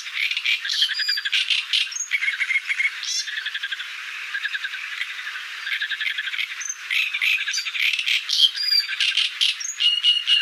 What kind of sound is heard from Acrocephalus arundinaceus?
song